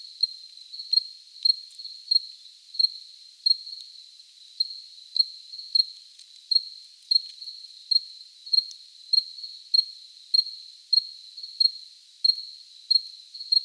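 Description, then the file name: Cricket chirping, a high, even chirp repeated regularly at a little under two per second over a faint continuous trill. Close recording. "Cricket close recording JJ"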